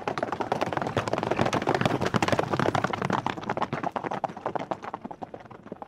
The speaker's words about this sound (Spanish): que se podía sentir su llegada por su olor, incluso antes de oír el ruido de sus caballos.